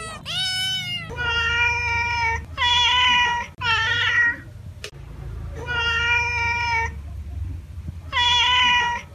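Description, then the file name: Cat meowing, a quick high first call followed by several long harmonic meows with short gaps between them. Cat meowing to chase away mice. "Tieng meo keu duoi chuot"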